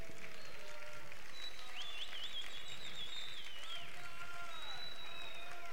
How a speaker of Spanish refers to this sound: Bueno, pues aquí tenemos a nuestras reinas salientes, que una vez más les voy a pedir de todos ustedes lo mejor que sabemos hacer, darles un fuerte aplauso.